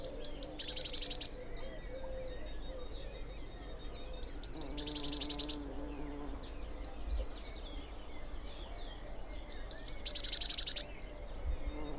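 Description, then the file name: Eurasian blue tit call repeated three times, each a quick run of high thin notes running into a dry, buzzy trill. "Cyanistes caeruleus"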